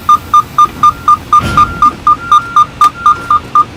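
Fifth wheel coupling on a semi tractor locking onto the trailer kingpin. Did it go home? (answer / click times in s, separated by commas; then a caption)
no / none. A semi tractor's fifth wheel coupling is backed toward a trailer kingpin, with a steady string of high beeps repeating about four times a second over a low rumble that briefly swells around 1.5 s. The fifth wheel jaws have not yet locked onto the kingpin; nothing has clicked or seated in this clip.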